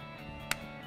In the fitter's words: you hear that snap